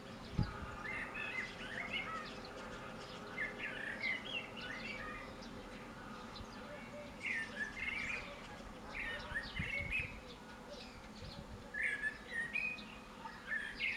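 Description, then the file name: Common blackbird singing several fluty warbled phrases at irregular intervals, over a continuous low rumble and occasional knocks. "Turdus merula"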